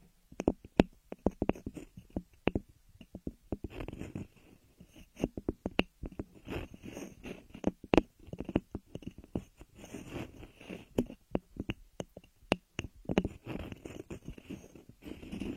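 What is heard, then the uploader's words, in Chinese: Ear massage with no talking: a dense, irregular run of soft rubbing and brushing with sharp crackly taps scattered throughout. The sounds are mostly low and muffled, with brief brighter clicks, and they continue without pause for the whole stretch. 姐姐无人声按摩耳朵（声控助眠）。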